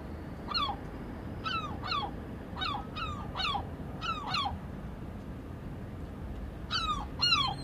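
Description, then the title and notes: European herring gull giving a series of falling yelps with pauses between them, over a low background rumble. "Viikon luontoääni: Harmaalokki. Pertti Koskimies"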